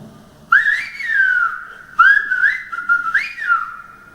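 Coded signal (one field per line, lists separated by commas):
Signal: whistled language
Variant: Silbo canario, whistled Spanish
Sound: three loud gliding whistled phrases rising and falling around 1.5-2 kHz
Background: quiet room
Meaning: Asks Venancio whether he is going somewhere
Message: Venancio, vas a ir para canalizó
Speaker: venancio vas a ir para canalizó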